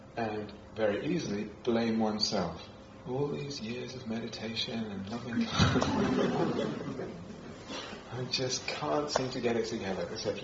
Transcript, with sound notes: And very easily, blame oneself: "All these years of meditation, and nothing ..." [laughter] "I just can't seem to get it together."